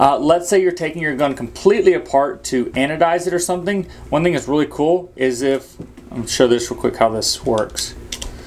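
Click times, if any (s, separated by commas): none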